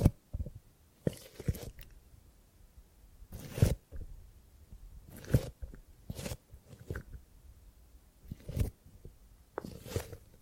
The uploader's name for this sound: Gripping and Grabbing Sounds